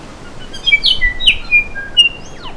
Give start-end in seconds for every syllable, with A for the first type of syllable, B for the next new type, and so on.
0.24-0.29 A, 0.39-0.45 A, 0.51-0.58 A, 0.62-0.75 B, 0.81-0.94 C, 0.99-1.12 D, 1.18-1.31 E, 1.42-1.63 F, 1.74-1.87 G, 1.95-2.07 H, 2.19-2.52 I